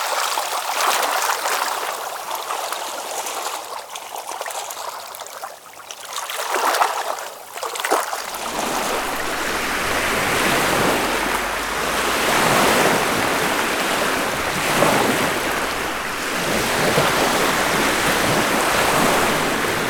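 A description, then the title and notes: Water washes and churns steadily, a dense hiss of splashing and rushing surf. For the first eight seconds the sound is thinner and brighter, then a deeper rumble joins in and the roar fills out, swelling in slow surges through the rest. Waves - Ocean, Lake And River.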